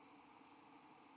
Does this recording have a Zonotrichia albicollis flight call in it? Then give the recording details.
no. No flight call is heard. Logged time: 07:18 on 5 December 2014